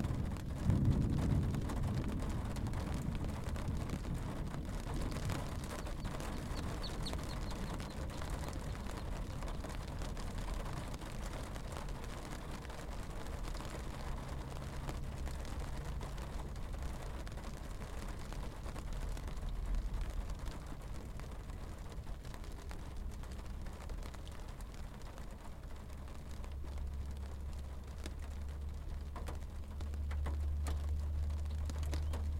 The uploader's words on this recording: Rain on Windshield, West. I left my H5 rolling on my dashboard to try and catch some of the storm as it moved on. The sound of rain from inside a car.